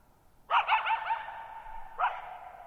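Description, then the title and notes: Coyote producing a rough, wavering bark-howl, then a second bark, each note ringing on in a long reverberation. Lone coyote at night, July 14, 2019, Thirtymile Meadows, Okanogan National Forest (Okanogan High Country), Pacific Northwest, 6400 ft; tall mountains on a high, mostly dry plateau, shallow bowl-shaped meadows, boggy ground. "Lone Coyote at Thirtymile Meadows. I spent the night of July 14, 2019, camped near Thirtymile Meadows in the Okanogan National Forest at 6400 ft (1950 m)"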